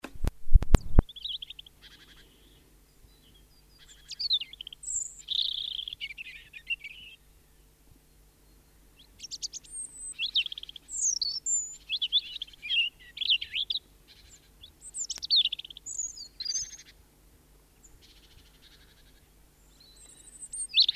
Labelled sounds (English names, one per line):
European Robin song